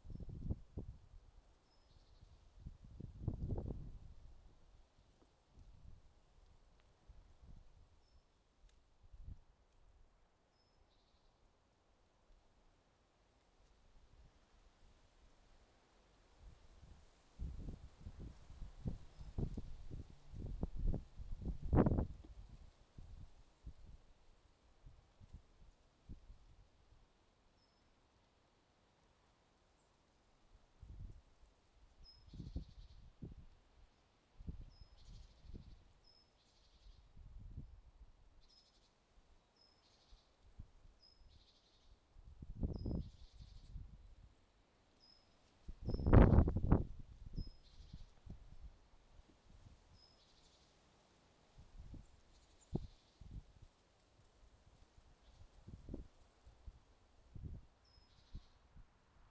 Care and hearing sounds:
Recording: everyday scene through a hearing-aid microphone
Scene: wind on the microphone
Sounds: wind, traffic, birds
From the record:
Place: suburban garden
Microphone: in the ear canal, left

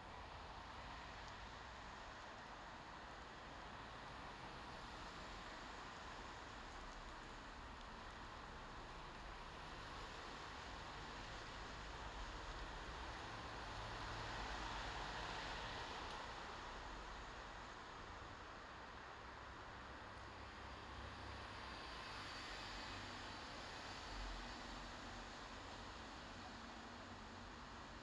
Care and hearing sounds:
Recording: everyday scene through a hearing-aid microphone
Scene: in traffic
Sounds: traffic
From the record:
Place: bus stop on a city main road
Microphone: in the ear canal, left

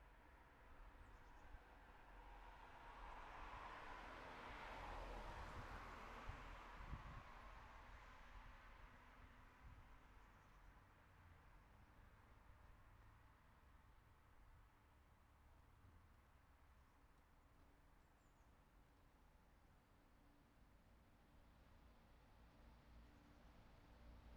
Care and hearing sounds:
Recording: everyday scene through a hearing-aid microphone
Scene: in traffic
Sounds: traffic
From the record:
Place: city secondary road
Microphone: behind the ear, right, front

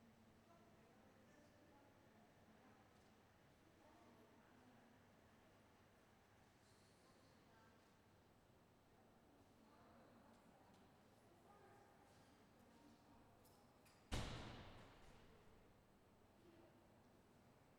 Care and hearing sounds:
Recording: everyday scene through a hearing-aid microphone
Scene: reverberant space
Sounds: background noise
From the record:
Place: railway station hall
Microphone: behind the ear, left, rear

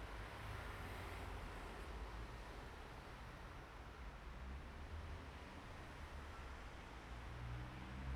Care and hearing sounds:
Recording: everyday scene through a hearing-aid microphone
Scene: in traffic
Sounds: traffic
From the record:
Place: bus stop on a city main road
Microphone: behind the ear, right, rear

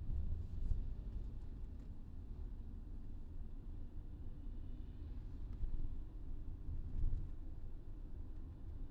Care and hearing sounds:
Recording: everyday scene through a hearing-aid microphone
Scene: in a vehicle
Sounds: engine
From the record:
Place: VW T5 Caravelle, diesel engine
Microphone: in the ear canal, left

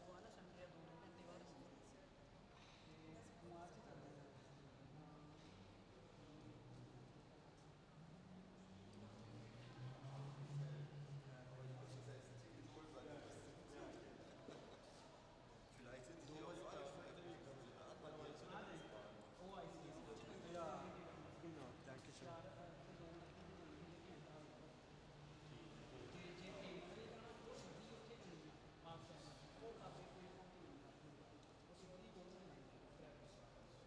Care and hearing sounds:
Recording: everyday scene through a hearing-aid microphone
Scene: reverberant space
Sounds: background noise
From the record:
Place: railway station hall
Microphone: in the ear canal, left

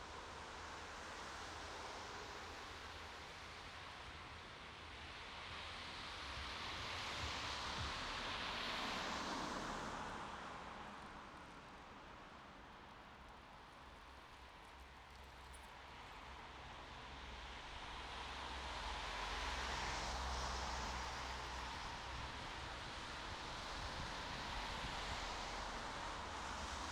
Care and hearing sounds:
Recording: everyday scene through a hearing-aid microphone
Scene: in traffic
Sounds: traffic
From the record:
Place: bus stop on a city main road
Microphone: in the ear canal, right

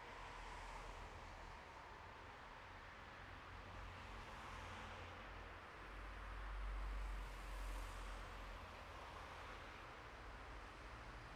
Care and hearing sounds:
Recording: everyday scene through a hearing-aid microphone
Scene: in traffic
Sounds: traffic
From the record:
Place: bus stop on a city main road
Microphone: behind the ear, right, front

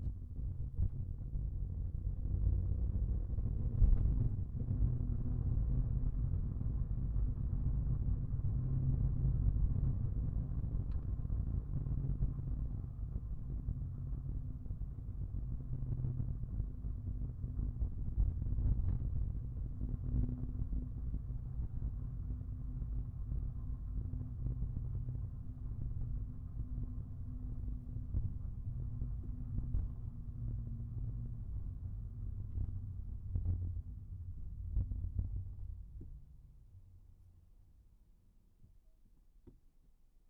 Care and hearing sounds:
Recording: everyday scene through a hearing-aid microphone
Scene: in a vehicle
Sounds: engine, rumble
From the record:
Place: Skoda Fabia, gasoline engine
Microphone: behind the ear, right, rear

